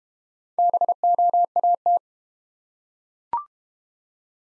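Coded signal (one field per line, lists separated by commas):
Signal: Morse code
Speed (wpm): 32 wpm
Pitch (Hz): 700 Hz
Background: none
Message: BOAT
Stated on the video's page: Morse practice set of easy words at 25 wpm with contextual hints.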